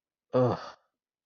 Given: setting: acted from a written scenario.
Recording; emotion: vocal sound without words; anger